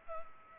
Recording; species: mosquito wingbeat signal from an infrared sensor; Culex pipiens